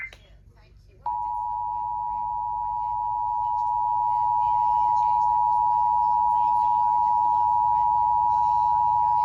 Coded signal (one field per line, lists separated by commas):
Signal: Emergency Alert System (SAME) tones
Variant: 853 and 960 Hz attention tone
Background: speech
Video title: Pennsylvania Required monthly test 3/20/25 EAS#14-#20 ￼